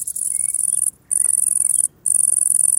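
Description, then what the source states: Great green bush-cricket song: very high, dense continuous buzzing trills in bursts broken by two brief pauses, with faint whistled bird notes in the background. Song at 33 degrees; the song reveals the outside temperature.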